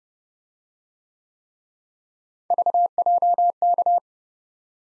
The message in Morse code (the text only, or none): VJK